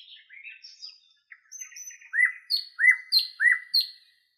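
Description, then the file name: Nightingale song: soft twittering notes, a thin high whistle, then a run of loud repeated whistled notes. "solovey"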